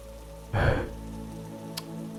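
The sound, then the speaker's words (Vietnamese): Steady rain hisses throughout during a thunderstorm, broken early by a short, loud, rumbling burst that quickly fades, then a faint sharp click near the end. No one speaks. “sau đó hai người công an lập tức rời đi ngay trong cơn giông.”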